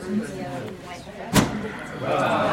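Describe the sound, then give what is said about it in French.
A door is opened with one sharp, loud knock of the latch partway through, over a steady murmur of talking voices from a hall crowd that rises slightly afterward. “Ah, regarde, ils ouvrent la porte.”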